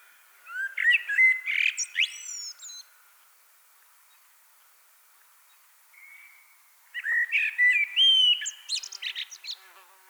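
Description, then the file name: Common blackbird singing two strophes separated by a few seconds of quiet, each a flute-like warble trailing into sharp high squeaky twitters. "Turdus merula"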